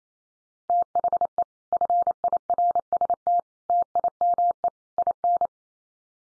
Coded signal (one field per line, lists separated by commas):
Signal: Morse code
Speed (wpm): 28 wpm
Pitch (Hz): 700 Hz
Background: none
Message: THE FIRST TIME IN